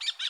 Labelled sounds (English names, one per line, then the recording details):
Brown-throated Parakeet contact call
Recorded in Bonaire
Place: 1 km N of power plant, rd to Republiek
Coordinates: 12.184, -68.285